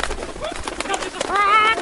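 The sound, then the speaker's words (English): A chicken sound effect: a run of short, bright clucks followed by a louder, drawn-out squawk that rings clearly over a slightly noisy background. “Yo, chicken time.”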